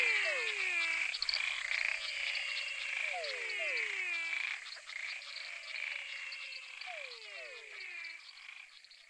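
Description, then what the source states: Many frogs calling: clustered downward-sliding whistles repeating every few seconds over busy high-pitched trills, fading toward the end. Frog chorus recorded in Mato Grosso.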